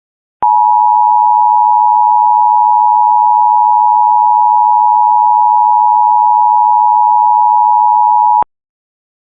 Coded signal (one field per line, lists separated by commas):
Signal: Emergency Alert System (SAME) tones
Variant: 853 and 960 Hz attention tone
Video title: LOCAL AREA EMERGENCY for Wilmington, DE [EAS #2,460]